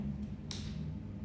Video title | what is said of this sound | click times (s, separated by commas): My Canon 80D Horror Story (NOT WORKING) - Help Me Get A New Camera Please | i snap it back in | 0.5 s